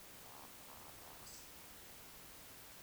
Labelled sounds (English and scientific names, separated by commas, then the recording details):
Eurasian Woodcock (Scolopax rusticola) whistle, Eurasian Woodcock (Scolopax rusticola) croak
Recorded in Baden-Württemberg, Germany, on 2 June 2021 at 20:00 UTC
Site 25832, 648 m above sea level